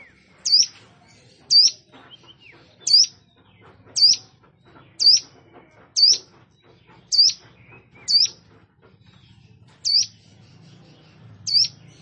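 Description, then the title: Plain prinia calling a sharp, high upslurred note again and again, roughly once a second, ten times in all, over a quiet background. "Ciblek Sawah"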